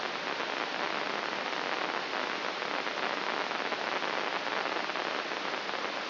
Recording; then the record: brain microelectrode recording played as sound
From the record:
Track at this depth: inside the subthalamic nucleus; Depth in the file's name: 5.816 mm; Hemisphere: left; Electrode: 2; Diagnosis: Parkinson's disease